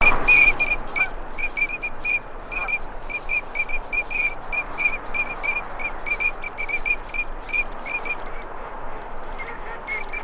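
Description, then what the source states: Ducks whistling rapidly, short piping notes run together in a long quick series, louder at the start, with a faint chattering flock behind. Male and female migratory ducks.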